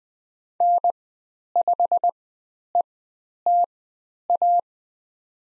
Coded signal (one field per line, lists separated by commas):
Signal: Morse code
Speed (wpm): 20 wpm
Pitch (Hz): 700 Hz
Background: none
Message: N5ETA